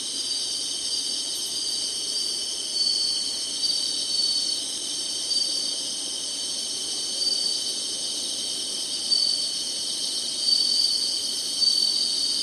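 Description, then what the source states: A chorus of insects gives a sustained shrill trill, with gentle swells and a handful of brief louder pulses spread through it. Singing, in summer.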